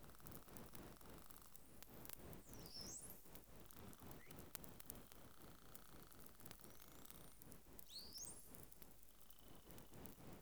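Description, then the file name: Bottlenose dolphin whistles: two steep rising sweeps and fainter level tones, set against constant crackling, popping underwater clicks. "GRAND DAUPHIN"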